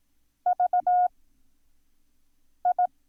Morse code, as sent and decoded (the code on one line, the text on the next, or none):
...- ..
VI